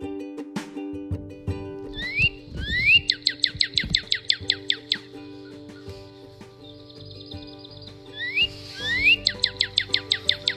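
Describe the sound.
Northern cardinal song: two sharp rising whistled notes followed by a fast run of repeated descending chirps, the phrase given twice, with a low steady hum underneath.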